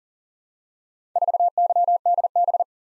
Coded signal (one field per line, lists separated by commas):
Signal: Morse code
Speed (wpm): 38 wpm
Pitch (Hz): 700 Hz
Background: none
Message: 4YDB